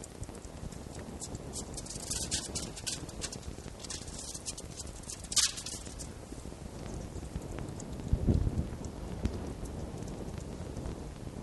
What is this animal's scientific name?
Vulpes vulpes